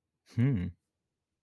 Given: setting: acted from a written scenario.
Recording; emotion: vocal sound without words; interest